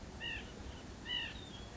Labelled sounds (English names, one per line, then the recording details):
White-breasted Nuthatch
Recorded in Sonoma County, California